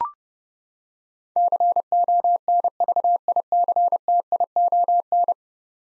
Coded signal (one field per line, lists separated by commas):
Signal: Morse code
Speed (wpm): 30 wpm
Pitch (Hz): 700 Hz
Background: none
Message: CONVICTION